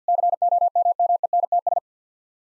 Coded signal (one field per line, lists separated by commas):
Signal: Morse code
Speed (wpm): 50 wpm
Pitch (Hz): 700 Hz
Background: none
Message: COMMENTS